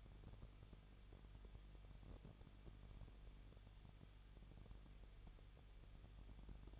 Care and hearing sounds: daily activity, microphone in the room; no activity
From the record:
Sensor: 4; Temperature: 23.1 degrees Celsius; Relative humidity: 34.0%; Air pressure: 1007.2 hPa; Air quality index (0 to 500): 216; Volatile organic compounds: 15 ppm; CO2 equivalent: 2491 ppm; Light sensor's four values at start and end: 2/3/1/1 and 2/3/1/1

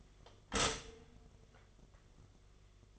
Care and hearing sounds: daily activity, microphone in the room; stop toaster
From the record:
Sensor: 4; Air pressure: 1015.5 hPa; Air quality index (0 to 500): 200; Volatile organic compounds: 10 ppm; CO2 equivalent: 2233 ppm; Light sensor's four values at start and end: 4/8/3/3 and 4/8/3/3

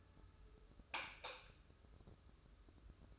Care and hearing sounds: daily activity, microphone in the room; light off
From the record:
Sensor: 2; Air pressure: 995.2 hPa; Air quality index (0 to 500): 72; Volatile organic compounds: 2 ppm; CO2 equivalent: 1261 ppm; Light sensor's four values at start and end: 13/36/14/14 and 8/19/8/8

